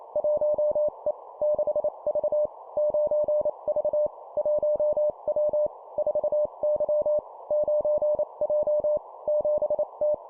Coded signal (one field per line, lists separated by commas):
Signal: Morse code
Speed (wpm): 28 wpm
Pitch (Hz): 600 Hz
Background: none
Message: 1E 6V 9V 1W 4Y 9J 7T